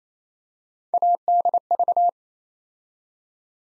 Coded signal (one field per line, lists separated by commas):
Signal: Morse code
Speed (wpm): 29 wpm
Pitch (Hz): 700 Hz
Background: none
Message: ADV